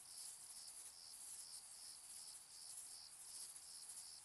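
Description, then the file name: Crickets calling with high, shrill pulsed chirps at a quick regular pace, backed by a dense constant insect hiss. Distant crickets in summer fields during evening and night; shrill, high-frequency, flat night ambience. "summer-in-the-fields-evening-night-004-distant-crickets-shrill-high-frequencies-flat-night"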